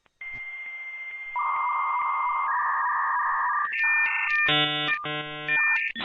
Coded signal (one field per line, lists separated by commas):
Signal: dial-up modem handshake